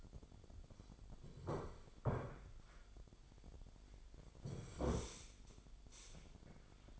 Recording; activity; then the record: daily activity, microphone in the room; sit down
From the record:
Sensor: 5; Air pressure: 1007.9 hPa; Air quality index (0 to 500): 154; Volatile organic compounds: 3 ppm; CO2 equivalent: 1477 ppm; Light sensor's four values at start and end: 57/160/62/62 and 57/160/62/62